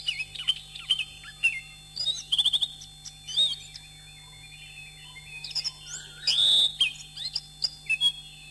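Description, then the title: Oriental magpie-robin song of short whistled phrases and sharp chirps, with a scratchy harsh burst late on, then more bright whistles. "Kicau Kacer"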